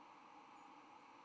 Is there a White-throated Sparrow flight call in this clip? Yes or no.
no